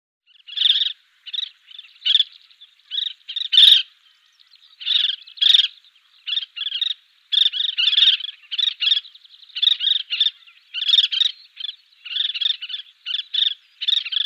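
Collared pratincole calls: a lively series of rasping, chattering notes, mostly in close pairs and clusters, continuing almost without pause throughout.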